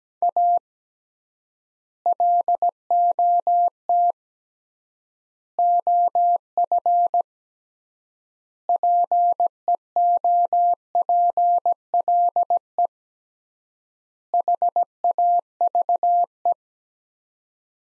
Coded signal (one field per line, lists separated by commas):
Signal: Morse code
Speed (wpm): 17 wpm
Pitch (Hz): 700 Hz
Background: none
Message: A LOT OF PEOPLE HAVE